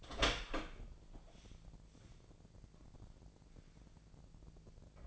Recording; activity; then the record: daily activity, microphone in the room; open door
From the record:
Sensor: 5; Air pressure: 1012.4 hPa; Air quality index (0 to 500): 160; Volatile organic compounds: 2 ppm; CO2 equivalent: 1088 ppm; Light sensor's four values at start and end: 250/607/255/281 and 254/618/260/286